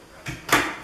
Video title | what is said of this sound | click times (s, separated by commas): Helder's Demonstration | so lock it in that's a fully functional machine and then you got these | 0.5 s